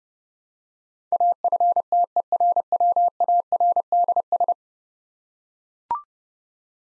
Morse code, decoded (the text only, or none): AFTERWARDS